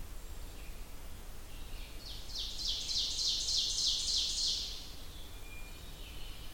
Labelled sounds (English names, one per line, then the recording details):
Ovenbird song
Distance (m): 50 m
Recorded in boreal forest in Alberta, Canada, on 29 June 2016 at 07:46
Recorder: SongMeter 3, array SBT-6-79
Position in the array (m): 271 m, 48 m
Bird 39